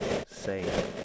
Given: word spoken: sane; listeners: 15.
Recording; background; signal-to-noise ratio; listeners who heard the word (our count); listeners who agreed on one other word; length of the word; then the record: one English word in noise, from a listening test; noise modulated by three-talker babble; -3.4 dB; 1 of 15; 7 of 15; 0.64 s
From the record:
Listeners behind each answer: 7, 3, 1, 1, 1, 1, 1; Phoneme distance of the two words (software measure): 7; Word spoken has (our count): 1 syllable, 3 phonemes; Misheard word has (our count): 1 syllable, 2 phonemes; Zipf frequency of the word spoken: 3.35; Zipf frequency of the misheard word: 6.13